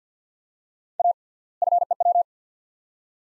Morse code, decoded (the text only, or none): A FEW